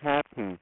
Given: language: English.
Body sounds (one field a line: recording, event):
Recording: throat vibration sensor signal played as sound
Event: speech